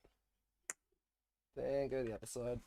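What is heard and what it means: While refitting a Logitech keyboard cleaned after a coffee spill, a small plastic key stabilizer clip is pushed back into its seat in the keyboard plate one side at a time. A single sharp tick at 0.7 s marks the first side clicking in, then someone talks about moving on to the other side. The clip is only partly seated, not yet fully home.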